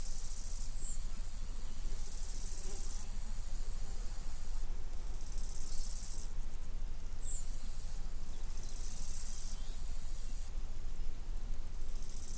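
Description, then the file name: Roesel's bush-cricket, a high buzzing song that surges louder in several stretches, over a low rumble with occasional faint chirps. 24 July 2016 at Buchhorst around 10:20, sunny and dry, about 30 °C, wind force 2 Beaufort. "160724 roebushcrick 1020 h 30 C W 40 2 BFT SUN DRY buchhorst"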